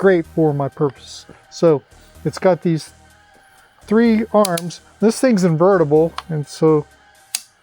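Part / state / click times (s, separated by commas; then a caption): tripod leg into its angle-lock detent on the tripod base / seated / 7.4 s. Someone talks while handling a monopod-tripod base, then swings one of its tripod legs into a preset angle stop. The leg locks into its angle-lock detent on the base with a sharp click at 7.4 s.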